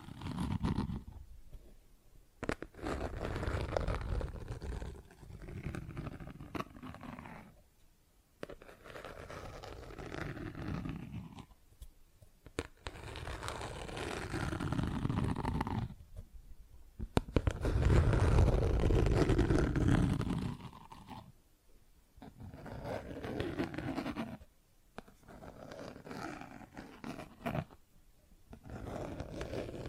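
Plastic objects are tapped and scratched in bursts lasting a few seconds, broken by brief silences roughly every four to five seconds. Each burst is a dense, rough scraping with sharp taps mixed in. The loudest, heaviest stretch comes around 17 to 20 seconds.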